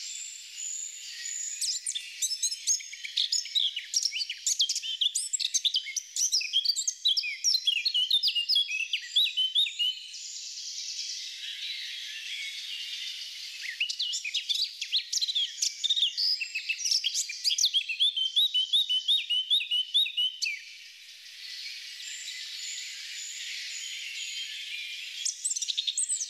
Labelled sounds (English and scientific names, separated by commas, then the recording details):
Eurasian Blackcap (Sylvia atricapilla) song
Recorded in the wild
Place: Waltershofen / Freiburg im Breisgau, Baden-Württemberg, DE
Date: 2009-05-17
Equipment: MiniDisc Sharp MT 20 H
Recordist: Schwarz, Dieter